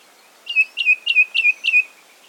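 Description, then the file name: Ashy tit call: five clear whistled notes, each dropping slightly in pitch, evenly spaced in a short series, quiet background. "Golosa ptic - Pepelnaya sinica Melaniparus cinerascens"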